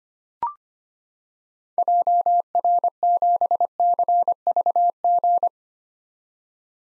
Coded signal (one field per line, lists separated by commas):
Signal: Morse code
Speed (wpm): 25 wpm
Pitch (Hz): 700 Hz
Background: none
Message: JR7CVG